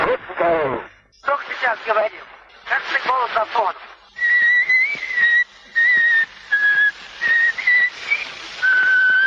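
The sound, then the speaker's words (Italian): A few spoken phrases by Tchaikovsky give way to a high, clear whistled tune in short held notes with brief gaps, all under the heavy hiss and crackle of a very old Edison phonograph recording made in 1890. “Un paio di frasi, un fischiettio, e questa è la voce del grande Tchaikovsky registrata nel 1890 tra l'ammirato e l'entusiasta, perché lui scopre il fonografo di Edison e la giudica la più interessante invenzione del XIX secolo”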